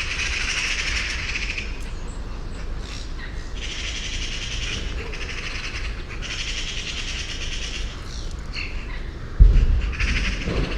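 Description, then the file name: Eurasian magpie rattling in several harsh bursts over a low rumble, with a dull thump near the end. "Pica pica"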